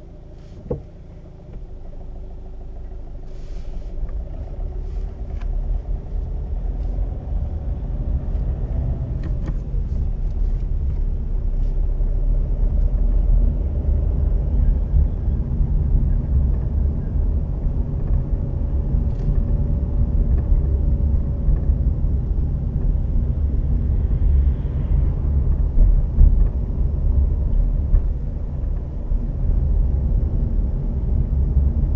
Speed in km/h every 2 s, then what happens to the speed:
0, 4, 10, 14, 17, 16, 21, 25, 25, 25, 26, 24, 23, 22, 24, 25.
0-7 pulls away to 17. 10-14 speeds up to 25. 14-32 steady at about 25.